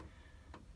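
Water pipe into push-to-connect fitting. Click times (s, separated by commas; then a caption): 0.5 s. A plastic water pipe is pushed into a push-to-connect repair fitting, then pulled back hard so the small black collet snaps and locks the pipe in place. Against a quiet low rumble, a single short, sharp snap sounds at 0.5 seconds. The fitting is seated.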